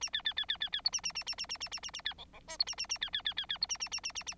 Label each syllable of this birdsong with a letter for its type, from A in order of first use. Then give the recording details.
A B B B B B B C A A A A A A A A A A B D D E C A A A B B B B B C A A A A A A. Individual Bird9